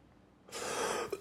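After a short quiet lead-in, a single harsh, breathy burst of about half a second, a cough or forceful throat clearing from an adult man with a head cold that came on a few days earlier and has hit hard, ends in a brief catch.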